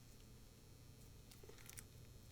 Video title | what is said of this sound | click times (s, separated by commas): Lucky Line 6055010 Key Tag with Split Ring, Polypropylene, 10 pack, Orange | Snaps back in place. | 1.8 s